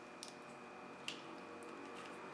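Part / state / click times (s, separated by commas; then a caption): wiring connector onto fuel injector / not seated / none. A plastic wiring connector is pushed onto a fuel injector on a 2004 Chevy Classic, pressed on top and away from the wires so none get cut by accident. Faint ticks come near 0.2 seconds and a sharper brief tick at 1.1 seconds, over a steady hum with a thin high tone. Nothing has seated or clicked yet.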